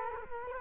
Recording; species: mosquito wingbeat signal from an infrared sensor; Culex quinquefasciatus